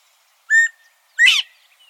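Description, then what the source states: Northern Bobwhite whistling its two-part call, a clear steady note followed by a higher, quickly rising slur. Recorded in Texas; the call is the source of the bird's name.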